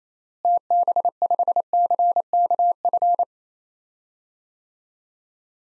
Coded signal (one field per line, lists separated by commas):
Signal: Morse code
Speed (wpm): 28 wpm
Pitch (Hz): 700 Hz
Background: none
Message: TB5CKF